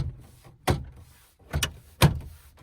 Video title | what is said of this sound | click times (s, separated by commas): Changing out the 4x4 switch | it all clicks back in. | 0.7 s, 1.6 s, 2.0 s